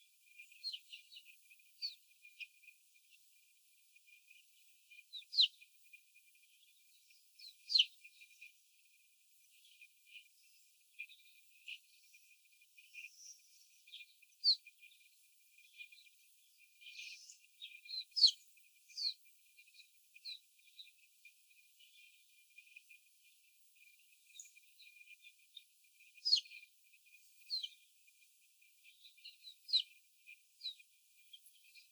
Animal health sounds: young laying hens in a cage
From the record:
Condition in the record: before the stressor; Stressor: sudden umbrella opening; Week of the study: 3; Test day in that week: 2

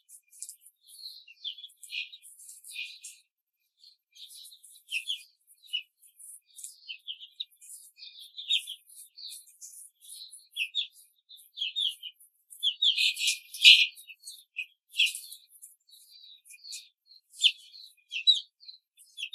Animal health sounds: young laying hens in a cage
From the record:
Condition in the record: control cage, before the stress test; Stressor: none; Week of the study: 4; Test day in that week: 3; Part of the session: 2

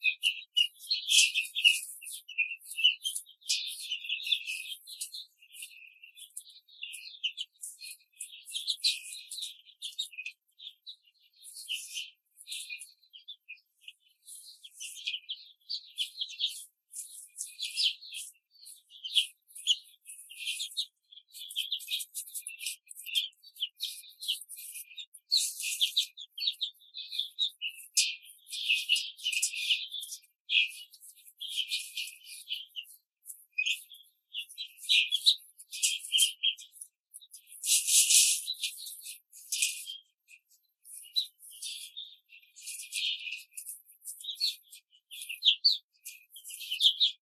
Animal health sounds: young laying hens in a cage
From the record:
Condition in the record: control cage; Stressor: none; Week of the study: 5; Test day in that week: 1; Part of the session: 4

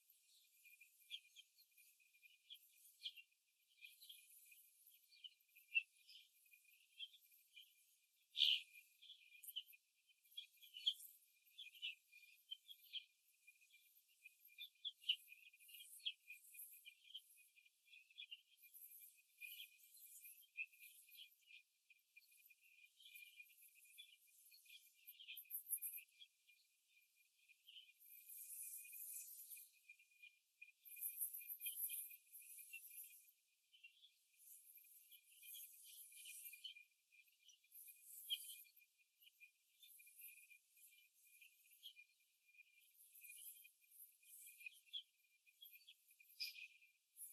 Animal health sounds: young laying hens in a cage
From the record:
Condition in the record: after the stressor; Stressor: simulated dog barking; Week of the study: 2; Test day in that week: 2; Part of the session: 4

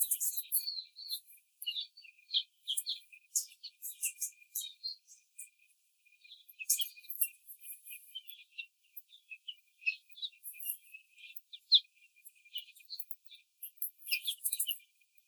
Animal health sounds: young laying hens in a cage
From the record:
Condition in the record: treatment cage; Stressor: simulated dog barking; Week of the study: 5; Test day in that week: 1

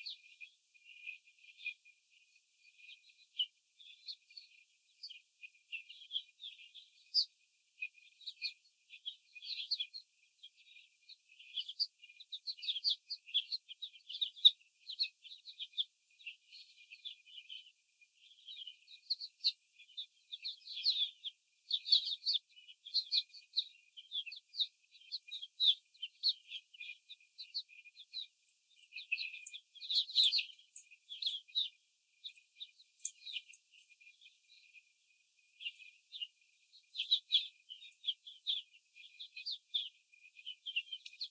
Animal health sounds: young laying hens in a cage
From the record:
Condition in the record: after the stressor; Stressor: simulated dog barking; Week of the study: 4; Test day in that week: 3

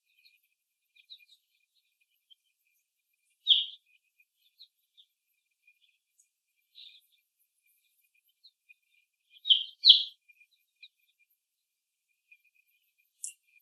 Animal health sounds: young laying hens in a cage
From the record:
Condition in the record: before the stressor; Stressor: simulated dog barking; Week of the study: 1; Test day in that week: 2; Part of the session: 1

